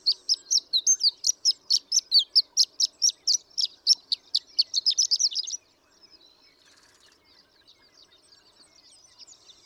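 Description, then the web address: Horned lark song: rapid high tinkling notes in a steady run for over five seconds, then stopping, leaving faint thin sounds. "birdsongforthecurious Horned Lark"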